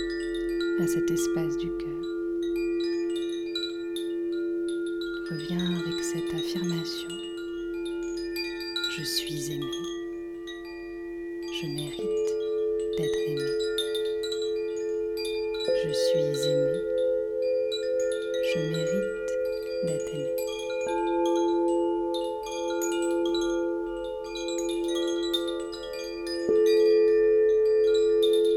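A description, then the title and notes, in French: Crystal singing bowls ring out in a sustained, layered drone, a steady low tone joined by higher held pitches that shift and swell around 12, 16 and 26 seconds. Soft brief knocks and rustles surface every few seconds beneath the continuous ringing. Libérer le coeur au son des bols de cristal - Yin audio.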